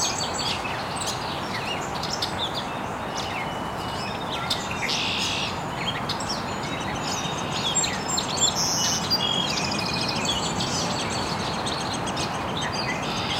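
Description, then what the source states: Birds chirping, scattered high short notes and a few brief trills, mixed into a steady hissing background. Birds chirping very early in the morning in an estuary.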